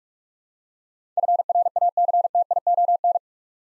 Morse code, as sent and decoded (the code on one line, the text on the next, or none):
..-. .-. .- -.-. - .. --- -.
FRACTION